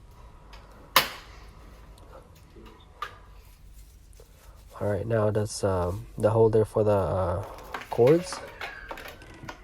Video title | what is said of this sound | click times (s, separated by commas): Bissell ProHeat 2X Revolution Pet Pro - Assembly - Demo - Review - Buy or Bye? | and that's the handle right there should be easy to snap on just listen for the click and you should be good to go | 1.0 s